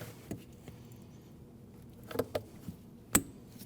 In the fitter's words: Wait for the click.